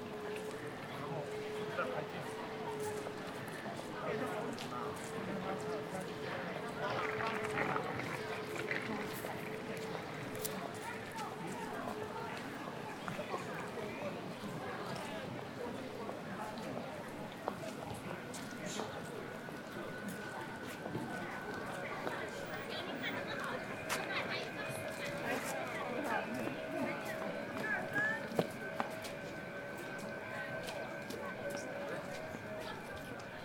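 Crowd sounds at Ditan in Beijing: a steady, dense murmur of many voices talking at once, with scattered footsteps and clatter. A sustained tone hums under the chatter early on, then higher steady tones come in from about seventeen seconds, with a few sharp knocks near twenty-eight seconds.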